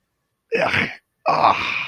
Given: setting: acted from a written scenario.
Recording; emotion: vocal sound without words; disgust